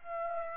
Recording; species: mosquito wingbeat signal from an infrared sensor; Aedes aegypti